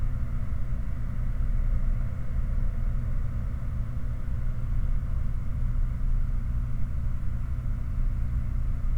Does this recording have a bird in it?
no